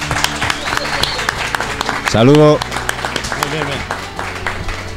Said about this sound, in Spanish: Un fuerte aplauso a nuestro amigo